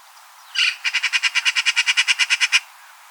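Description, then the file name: Eurasian magpie chattering call: a harsh opening squawk then a fast, even rattle of about fifteen grating notes over nearly two seconds. "Pica pica"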